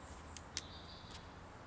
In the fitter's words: it like that but it snaps into place and it stays that way so